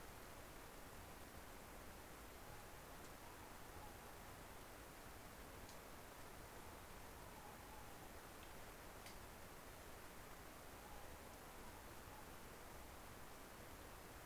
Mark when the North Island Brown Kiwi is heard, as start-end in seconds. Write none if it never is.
none